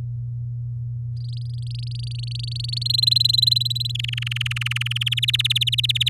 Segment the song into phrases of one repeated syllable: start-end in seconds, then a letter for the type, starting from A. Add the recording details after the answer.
1.17-2.83 A, 2.85-3.92 B, 3.95-5.14 C, 5.17-6.09 D. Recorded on 10 May 2018 at 15:48. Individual llb16